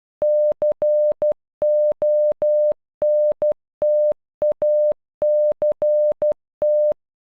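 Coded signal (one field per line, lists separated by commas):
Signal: Morse code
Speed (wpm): 12 wpm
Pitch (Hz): 600 Hz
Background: none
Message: CONTACT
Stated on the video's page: The word "Contact" in Morse, generated by an online converter with audio playback.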